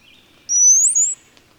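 Bird song: a single loud, high whistled note that slides upward, peaks, then dips and levels off, lasting under a second.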